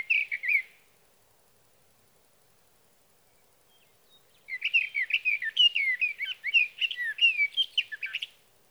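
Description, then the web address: Sage thrasher singing a brief warbled phrase, a silent gap of several seconds, then a long rapid jumble of slurred, varied notes. "birdsongforthecurious Sage Thrasher"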